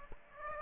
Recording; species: mosquito wingbeat signal from an infrared sensor; Aedes aegypti